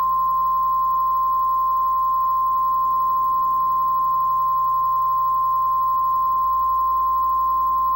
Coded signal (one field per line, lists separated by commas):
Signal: Emergency Alert System (SAME) tones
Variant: 1050 Hz attention tone